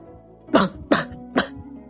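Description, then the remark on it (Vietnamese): Three short, congested coughs in quick succession, each a sharp burst with a wet, sniffly edge, spaced about half a second apart with quiet in between. “Có vài tiếng ho sổ sụn phát ra.”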